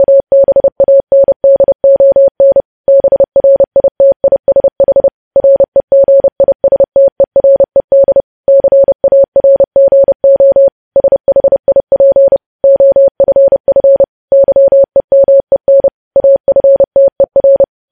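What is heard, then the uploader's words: Morse code is tapped out as a single steady mid-pitched tone, switching rapidly on and off in short dots and longer dashes. The keying runs continuously for the whole clip with brief gaps between groups, clean, with no background sound. Morse code.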